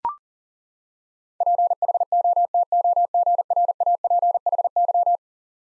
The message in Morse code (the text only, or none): PHOTOGRAPHY